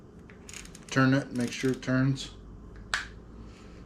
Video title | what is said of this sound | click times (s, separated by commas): Streaming Live from my #GoPro | There we go. I just You just heard the click. | 2.9 s